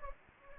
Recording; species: mosquito wingbeat signal from an infrared sensor; Anopheles gambiae